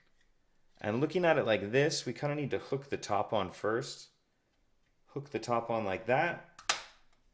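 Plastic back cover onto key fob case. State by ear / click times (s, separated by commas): seated / 6.7 s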